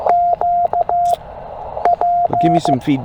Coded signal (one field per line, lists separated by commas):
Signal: Morse code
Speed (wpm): 15 wpm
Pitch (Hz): 700 Hz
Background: speech, radio noise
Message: Q P